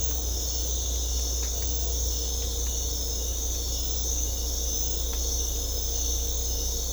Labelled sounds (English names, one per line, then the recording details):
none
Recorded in secondary vegetation near Puerto Asís, Putumayo, Colombia, on 16 December 2024 at 04:00
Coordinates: 0.500, -76.326
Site G065